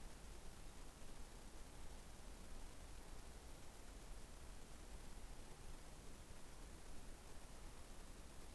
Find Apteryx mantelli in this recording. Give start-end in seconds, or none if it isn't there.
none